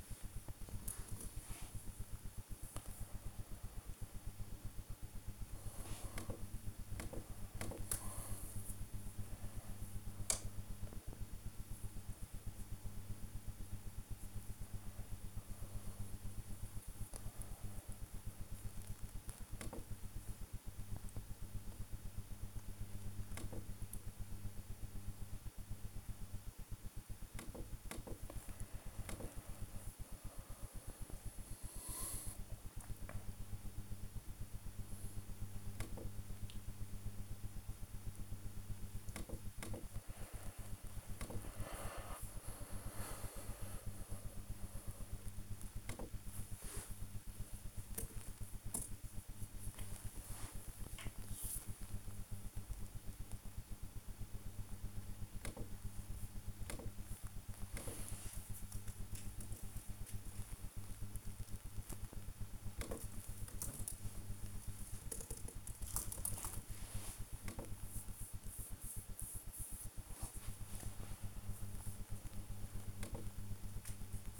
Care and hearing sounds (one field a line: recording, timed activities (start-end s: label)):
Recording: household activities, microphone on the right wrist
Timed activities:
0.00-62.47 s: working on the computer
66.48-74.40 s: working on the computer